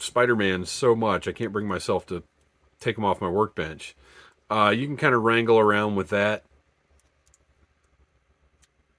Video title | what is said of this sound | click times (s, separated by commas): Marvel Legends Spider-Man 2 Doc Ock Needless Unboxing | it doesn't like Snap into place but you can certainly make this work | none